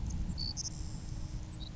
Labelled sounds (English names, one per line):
Savannah Sparrow